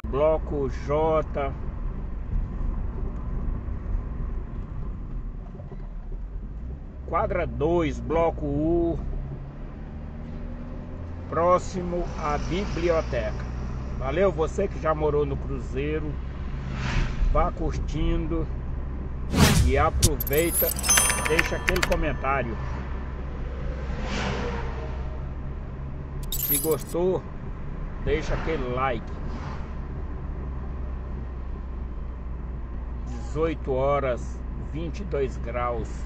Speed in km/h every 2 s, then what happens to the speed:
34, 35, 19, 23, 31, 34, 38, 37, 38, 38, 39, 38, 40, 40, 39, 35, 36, 35.
2-4 brakes to 19. 5-12 speeds up to 38. 12-36 steady at about 38.